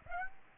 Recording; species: mosquito wingbeat signal from an infrared sensor; Aedes aegypti